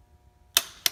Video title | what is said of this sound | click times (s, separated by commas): BMW E92 M3: DIY Change Spark Plugs & Save $600!!! | right like I said already tighten it down you heard the torque wrench click so we are in at the specific torque | 0.6 s